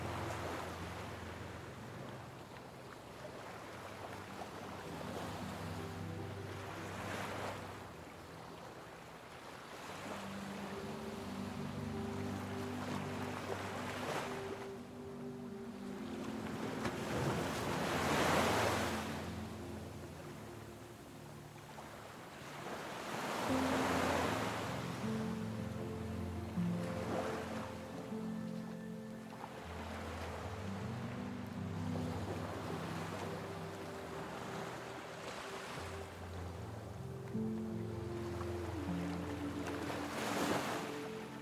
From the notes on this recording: the soothing sound of ocean waves and calming music